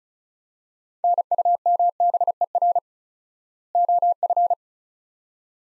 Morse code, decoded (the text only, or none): NUMBER OF